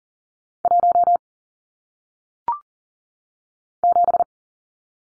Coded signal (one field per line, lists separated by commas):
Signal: Morse code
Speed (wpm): 38 wpm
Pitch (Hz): 700 Hz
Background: none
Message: 1 7